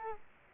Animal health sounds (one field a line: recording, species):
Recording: mosquito wingbeat signal from an infrared sensor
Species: Culex quinquefasciatus